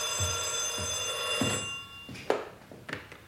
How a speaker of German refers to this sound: Dann läutete das Telefon.